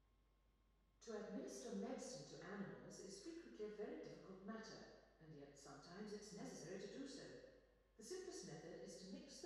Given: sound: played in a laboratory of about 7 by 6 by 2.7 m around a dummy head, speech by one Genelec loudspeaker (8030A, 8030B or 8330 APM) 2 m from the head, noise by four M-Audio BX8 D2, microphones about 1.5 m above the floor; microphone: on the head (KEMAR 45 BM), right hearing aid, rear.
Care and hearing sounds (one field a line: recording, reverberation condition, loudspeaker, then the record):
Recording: female speech in English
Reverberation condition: high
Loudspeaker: 60 degrees to the left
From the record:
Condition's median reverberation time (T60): about 1300 ms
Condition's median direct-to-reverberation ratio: about -4.0 dB